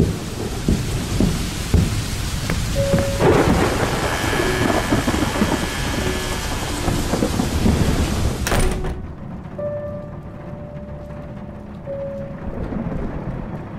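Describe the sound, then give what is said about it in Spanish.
A thunderstorm: steady, hissing rain over deep, rolling thunder rumbles. Partway through, the bright rain hiss abruptly cuts out, leaving a muffled downpour and low rumbling. No one speaks. “Otra vez tormenta.”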